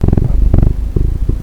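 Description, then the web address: Domestic cat purring: a deep, throbbing rumble pulsing rapidly, with no other sounds. "Katzen Schnurren"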